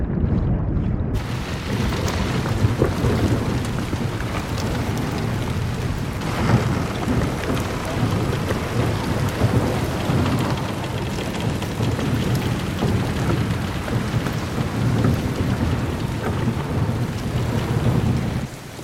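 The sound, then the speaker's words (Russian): Heavy rain pours down steadily on an overcast day at the gates of the city of Qing, a dense, even hiss with a deep rumbling low end and no voices. “Пасмурный день. Льет дождь.”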